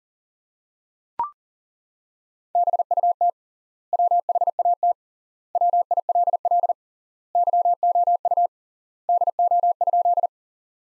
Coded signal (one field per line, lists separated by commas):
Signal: Morse code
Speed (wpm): 40 wpm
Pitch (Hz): 700 Hz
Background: none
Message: BUT WHAT WILL YOU DO?